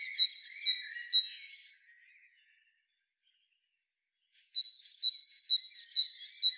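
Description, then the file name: Great tit song: bright two-note whistled phrases, high then lower, repeated rapidly in a short series, a pause of a few seconds, then another series. "Parus major"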